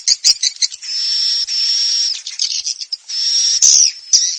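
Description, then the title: Swiftlet calls: sharp high clicks alternating with long, thin, even hissing whistles held for over a second. "Suara Burung Wallet"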